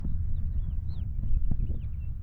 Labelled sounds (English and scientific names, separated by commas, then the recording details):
House Finch (Haemorhous mexicanus) song
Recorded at Babylon on Long Island, New York, on 21 May 1975
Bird A